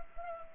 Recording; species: mosquito wingbeat signal from an infrared sensor; Anopheles gambiae